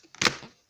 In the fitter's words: il y a le petit clic.